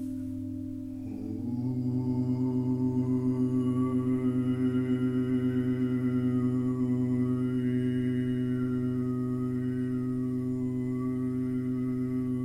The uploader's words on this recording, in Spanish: Sesion de cuencoa para armonizar cuerpo, mente y alma.